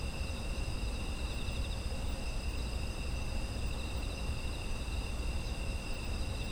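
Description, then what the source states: Insects chirring in a steady chorus, several continuous high trilling bands layered together without pause, over a constant low rumble. Autumn insect ambient sound.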